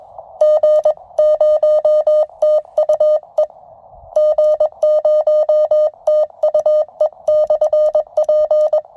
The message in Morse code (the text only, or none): G0TUE G0TUE/P